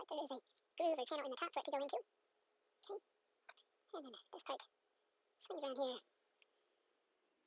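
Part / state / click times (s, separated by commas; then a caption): plastic switch housing halves of lawn mower stop switch / not seated / none. Someone talks while reassembling the plastic safety stop switch housing from a Honda HRN216VKA lawn mower, swinging the contact part around into place between the switch halves. Brief faint handling ticks are heard near 3.5 s and 6.4 s, but the housing halves have not clicked shut or seated yet.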